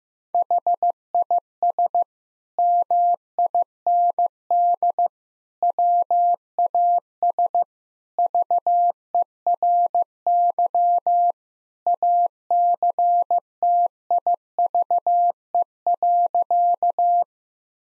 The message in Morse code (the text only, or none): HIS MIND WAS VERY ACTIVE.